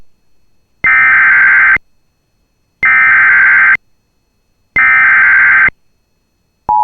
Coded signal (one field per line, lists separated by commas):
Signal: Emergency Alert System (SAME) tones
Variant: header bursts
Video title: [EAS Compilation] Minnesota Statewide Severe Thunderstorm Madness! July 14 2023 Severe Outbreak